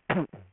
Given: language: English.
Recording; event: throat vibration sensor signal played as sound; throat clearing